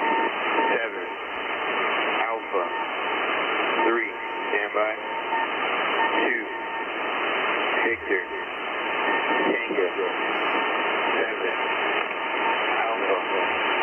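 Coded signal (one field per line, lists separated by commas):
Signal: coded military voice message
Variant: USAF EAM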